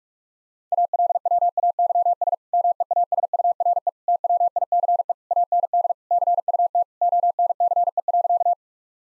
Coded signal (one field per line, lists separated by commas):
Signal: Morse code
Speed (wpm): 46 wpm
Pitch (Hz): 700 Hz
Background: none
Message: ALWAYS MEASURE TWICE AND CUT ONCE.